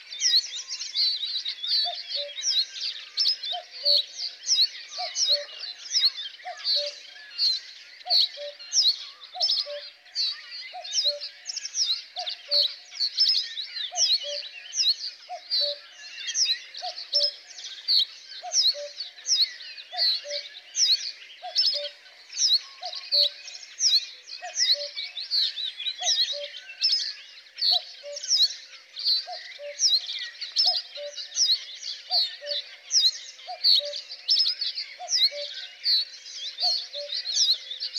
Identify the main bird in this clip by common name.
Reed Bunting